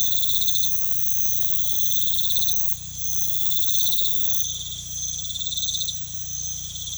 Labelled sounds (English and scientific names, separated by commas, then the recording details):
none
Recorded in pastures near Puerto Asís, Putumayo, Colombia, on 16 December 2024 at 03:30
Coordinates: 0.472, -76.331
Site GP02